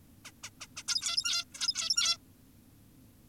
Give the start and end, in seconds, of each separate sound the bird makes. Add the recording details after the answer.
0.25-0.32, 0.44-0.50, 0.61-0.67, 0.77-0.83, 0.88-1.45, 1.54-2.18. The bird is an adult. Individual g17y2U